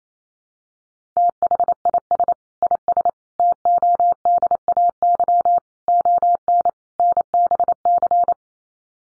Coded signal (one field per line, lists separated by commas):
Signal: Morse code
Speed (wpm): 28 wpm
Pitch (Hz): 700 Hz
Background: none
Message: THIS IS TODAY ON NBC